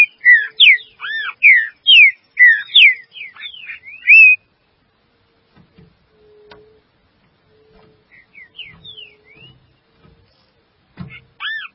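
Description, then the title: Green-winged saltator with an opening burst of rapid, loud whistled slurs, a long near-silent pause with a soft hum, then softer notes returning. "Trinca Ferro"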